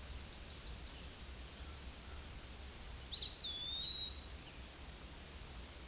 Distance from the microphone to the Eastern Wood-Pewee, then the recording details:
about 15 m. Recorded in a Pennsylvania forest on 18 May 2023 at 06:20. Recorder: AudioMoth, point grid1_37_low. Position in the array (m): 74 m, 199 m